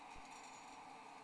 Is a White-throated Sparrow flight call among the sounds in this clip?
no